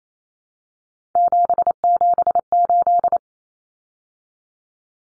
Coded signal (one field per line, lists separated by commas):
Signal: Morse code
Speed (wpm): 28 wpm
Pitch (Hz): 700 Hz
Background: none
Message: 778